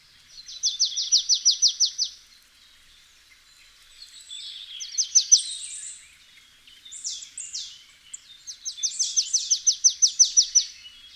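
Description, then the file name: Marsh tit giving rapid strings of sharp high notes, with shorter buzzy phrases between, ending in a long fast run of repeated notes. "Poecile palustris"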